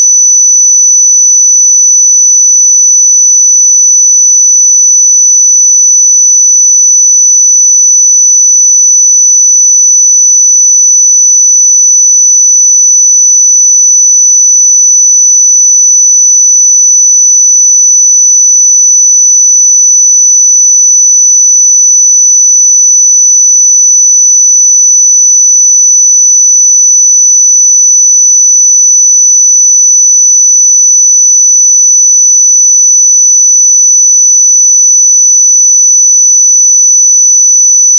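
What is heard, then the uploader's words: A pure sine tone at 5979 Hz holds perfectly steady for the full thirty-eight seconds, a single thin, bright whistle with no wavering in pitch or loudness. Nothing else sounds around it; the background is completely silent. 5979 Hz 1 Hz Interval Sine Pure Tone Frequency 441000 Sample Mono.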